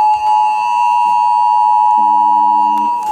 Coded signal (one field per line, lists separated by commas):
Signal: Emergency Alert System (SAME) tones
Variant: 853 and 960 Hz attention tone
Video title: Radio Explosions II: Pre-Christmas Blastoff! EAS Alerts from 12/21-22/22 (EAS 9392-9424)